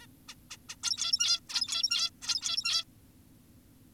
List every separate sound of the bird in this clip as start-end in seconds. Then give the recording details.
0.02-0.06, 0.28-0.35, 0.51-0.57, 0.69-0.76, 0.83-1.40, 1.49-2.10, 2.22-2.84. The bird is an adult. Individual g17y2U